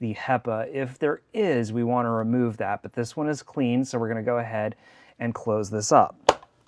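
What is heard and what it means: Someone talks while closing the plastic filter compartment cover on a Miele U1 Dynamic (S7) upright vacuum cleaner, after finding the HEPA filter clean. A brief sharp handling sound comes near the end as the cover is moved, but the latch has not clicked shut and nothing has seated yet.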